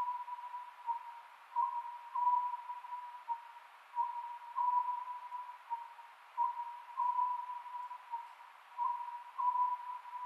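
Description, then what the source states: Oriental scops owl hooting, brief low notes grouped in short phrases repeating about every two seconds, with a constant humming tone running underneath. Recorded 27 May 2010 at 22:21.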